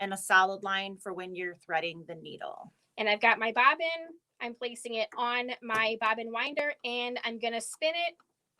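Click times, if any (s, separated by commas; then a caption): none. A plastic bobbin is placed on a sewing machine's bobbin winder spindle while someone talks almost continuously, and the only non-voice sound is faint handling under the speech. The clip ends just before the bobbin is turned home, so nothing has seated or clicked onto the spindle yet.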